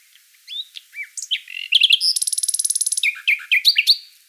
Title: Sylvain Jaskowiak - Mes piafs. Rossignol Philomèle